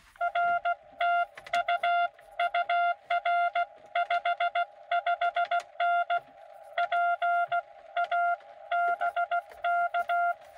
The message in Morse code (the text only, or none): R TU UR 55N PA BK